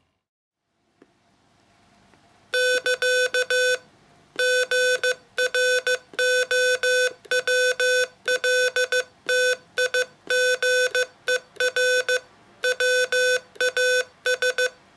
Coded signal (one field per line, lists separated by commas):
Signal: Morse code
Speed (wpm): 15 wpm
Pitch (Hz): 500 Hz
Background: none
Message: <KA> GROWLTIGER WAS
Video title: 33. Father's Day Special: Poetry in Morse - SOUNDsculptures (ASMR)